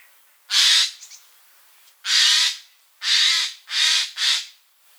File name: Garrulus glandarius